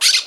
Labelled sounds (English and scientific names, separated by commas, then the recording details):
Brown-throated Parakeet (Eupsittula pertinax) contact call
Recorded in Margarita
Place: Just E of turn-off to San Francisco, near mirador
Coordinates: 11.058, -64.282